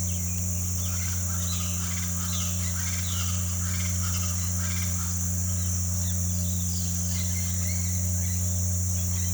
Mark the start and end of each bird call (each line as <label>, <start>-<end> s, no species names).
bird call, 0.00-0.46 s
bird call, 0.71-3.34 s
bird call, 3.65-4.88 s
bird call, 5.45-6.64 s
bird call, 7.06-7.85 s
bird call, 8.16-8.46 s
bird call, 8.93-9.33 s